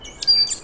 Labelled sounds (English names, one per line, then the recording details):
Stitchbird song
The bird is a male
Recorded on Tiritiri Matangi Island, New Zealand, in 2005
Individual 1, of nest box 1